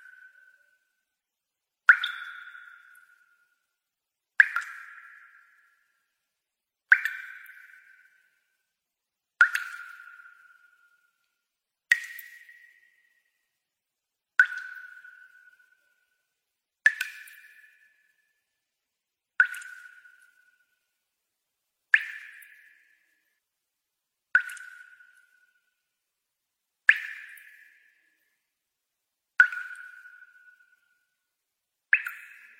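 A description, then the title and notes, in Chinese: Water drops fall one at a time about every two and a half seconds, each a clear, bright plop ringing briefly in silence. 水滴声。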